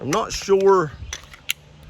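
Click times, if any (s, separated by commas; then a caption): 1.5 s. Someone talks at the start as a Gen 3 magazine is pushed into the magazine well of a Glock 21 pistol, with a few light handling ticks around 1.1 and 1.3 seconds. The magazine catch engages with a sharp click at 1.5 seconds, and the magazine is seated because it is a Gen 3 magazine.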